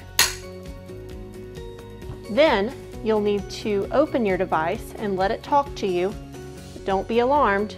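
A replacement battery pack is slid into the bottom of a Cardiac Science G3 automated external defibrillator and pressed down, giving a sharp, loud click at 0.2 s as it seats into place. A steady tonal background continues while someone talks for the rest of the clip.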